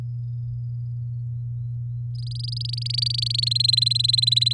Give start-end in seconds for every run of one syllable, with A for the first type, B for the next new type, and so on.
2.15-3.49 A, 3.51-4.53 B